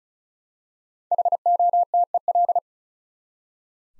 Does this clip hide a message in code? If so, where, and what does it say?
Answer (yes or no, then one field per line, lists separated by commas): yes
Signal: Morse code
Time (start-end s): 1.1-2.6 s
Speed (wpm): 36 wpm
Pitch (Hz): 700 Hz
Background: none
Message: HOTEL